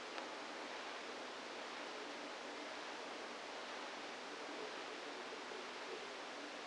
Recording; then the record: brain microelectrode recording played as sound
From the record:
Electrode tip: outside the subthalamic nucleus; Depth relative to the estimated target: 2 mm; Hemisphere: right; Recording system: NeuroSet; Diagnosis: Parkinson's disease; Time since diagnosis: 7 years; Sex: female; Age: 68 years